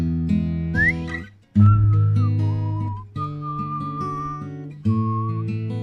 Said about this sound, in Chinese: 最爱吹口哨。